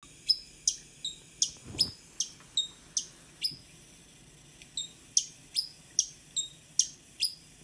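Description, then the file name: Hummingbird uttering a run of high, sharp chips, roughly two or three per second, with a brief low thump early on and a short pause midway. "colibri"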